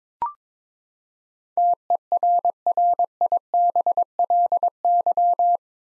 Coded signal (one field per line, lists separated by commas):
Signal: Morse code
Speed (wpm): 22 wpm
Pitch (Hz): 700 Hz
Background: none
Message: TERRIBLY